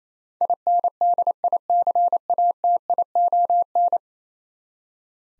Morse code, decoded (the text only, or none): INDICATION